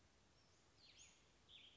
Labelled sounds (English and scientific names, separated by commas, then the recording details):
Western Flycatcher (Empidonax difficilis)
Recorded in Sonoma County, California